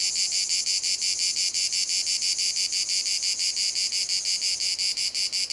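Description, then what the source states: Cicada buzzing in a rapid, even pulse, the harsh high-pitched drone holding steady throughout. Cicadas in a field at Domaine de la Sablière, Saint-Privat-de-Champclos, France; recorded with a Zoom H6 and M/S microphone.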